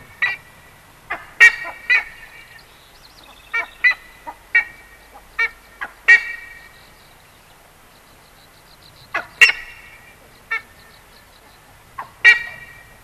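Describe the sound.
Buff-necked ibis giving sharp, nasal honks singly and in pairs with pauses between, plus a faint high twittering bird in the background.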